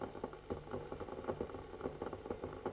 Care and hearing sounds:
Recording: daily activity, microphone in the room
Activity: make coffee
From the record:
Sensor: 4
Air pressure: 995.8 hPa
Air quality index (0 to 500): 67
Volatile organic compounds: 2 ppm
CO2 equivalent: 1216 ppm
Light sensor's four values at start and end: 10/24/9/9 and 10/23/9/8

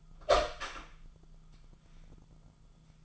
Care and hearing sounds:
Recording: daily activity, microphone in the room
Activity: open door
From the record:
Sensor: 5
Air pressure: 1005.0 hPa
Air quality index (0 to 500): 97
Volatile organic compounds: 2 ppm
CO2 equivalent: 1175 ppm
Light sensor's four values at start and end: 35/81/33/31 and 35/81/32/31

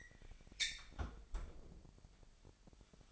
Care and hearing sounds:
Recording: daily activity, microphone in the room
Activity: close fridge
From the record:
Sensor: 5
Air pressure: 1002.1 hPa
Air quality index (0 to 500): 221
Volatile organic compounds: 26 ppm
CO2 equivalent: 2874 ppm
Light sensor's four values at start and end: 10/24/10/11 and 9/22/9/10

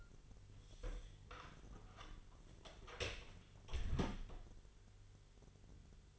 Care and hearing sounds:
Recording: daily activity, microphone in the room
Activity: close door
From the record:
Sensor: 4

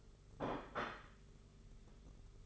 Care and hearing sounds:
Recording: daily activity, microphone in the room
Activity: place plate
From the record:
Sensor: 4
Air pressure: 991.6 hPa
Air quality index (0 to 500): 127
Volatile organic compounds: 37 ppm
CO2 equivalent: 3089 ppm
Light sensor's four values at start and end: 20/65/24/24 and 20/65/24/24

